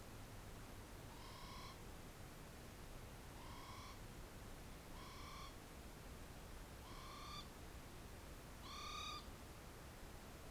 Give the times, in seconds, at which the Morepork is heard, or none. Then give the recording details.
1.01-1.82, 3.27-3.99, 4.88-5.58, 6.78-7.47, 8.58-9.23. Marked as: faintness 3/5, faintness 2/5. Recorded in New Zealand on 4 June 2017. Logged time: 21:16. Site Taranaki